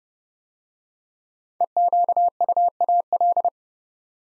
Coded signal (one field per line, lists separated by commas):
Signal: Morse code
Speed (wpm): 30 wpm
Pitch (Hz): 700 Hz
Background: none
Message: EQUAL